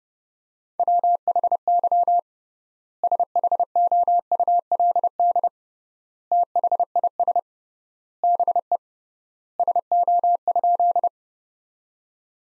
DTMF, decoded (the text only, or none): none